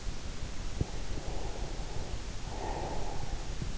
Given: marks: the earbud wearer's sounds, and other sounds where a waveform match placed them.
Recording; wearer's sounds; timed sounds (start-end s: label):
sounds in sleep by an in-ear microphone; breath
0.48-3.47 s: breath